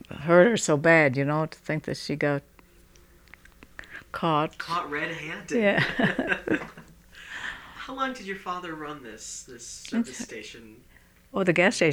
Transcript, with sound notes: hurt her so bad, you know, to think that she got caught.
Caught red handed. ( they laugh ) How long did your father run this service station?
Oh, the gas station?